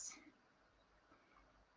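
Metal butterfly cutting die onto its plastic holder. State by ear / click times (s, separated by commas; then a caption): not seated / none. A metal butterfly cutting die is being worked onto the side of its plastic holder that carries the brand emblem, where it is meant to click in at two places. Only a brief, faint rustle of handling is heard at the start, followed by quiet background. Nothing has seated or clicked yet.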